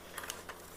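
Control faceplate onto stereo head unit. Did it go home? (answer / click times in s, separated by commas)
no / none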